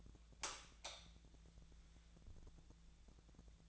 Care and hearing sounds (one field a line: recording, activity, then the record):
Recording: daily activity, microphone in the room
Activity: light on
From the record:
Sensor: 3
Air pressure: 1000.0 hPa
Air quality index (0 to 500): 124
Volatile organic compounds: 2 ppm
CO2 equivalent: 1107 ppm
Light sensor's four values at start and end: 28/72/30/33 and 31/82/34/36